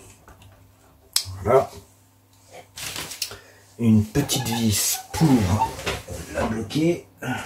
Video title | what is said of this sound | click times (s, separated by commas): Assemblage complet d'un PC (matériel et réglage bios) | enfonce jusqu'au clic | 1.2 s